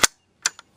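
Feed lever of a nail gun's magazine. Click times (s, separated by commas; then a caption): 0.5 s. The feed lever on a nail gun's nail magazine is pulled all the way back until it clicks and locks open for loading. A sharp broadband snap opens the clip, then a loud hard click at 0.5 s marks the lever latching back, followed by a softer tick at 0.6 s.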